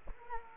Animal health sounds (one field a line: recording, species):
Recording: mosquito wingbeat signal from an infrared sensor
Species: Culex quinquefasciatus